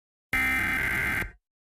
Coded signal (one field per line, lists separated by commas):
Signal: Emergency Alert System (SAME) tones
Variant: header bursts